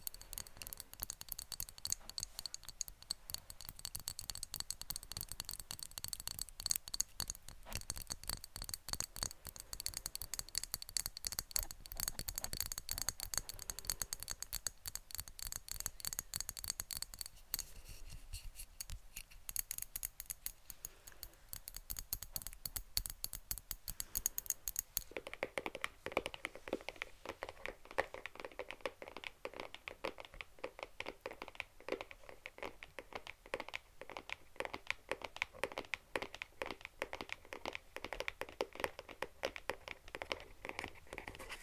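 Rapid, dense tapping runs throughout like fast keyboard typing, with a change in tone at about 25 seconds, becoming thinner and brighter.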